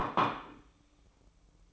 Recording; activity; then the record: daily activity, microphone in the room; place plate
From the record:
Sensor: 1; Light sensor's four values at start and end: 9/22/9/10 and 9/22/9/10